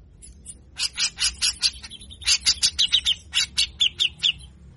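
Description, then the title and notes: Grey-cheeked bulbul giving rasping chatter in two rapid bursts of harsh, scratchy notes with a brief pause between them. Long-duration training recording for songbird keepers, featuring a lively bird giving full, harsh 'besetan' chatter, locally called 'besetan kasar'. "MASTERAN CUCAK JENGGOT GACOR FULL BESETAN KASAR DURASI PANJANG !!!. Jenggot Bahan Cepat Gacor hanya Dengar Besetanya. Burung cucak jenggot"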